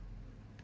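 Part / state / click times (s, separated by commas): plastic wing into action figure back slot / not seated / none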